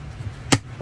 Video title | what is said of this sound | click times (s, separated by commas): SMALL CABINETS ONLINE! | para ma-secure, ilalak mo. | 0.5 s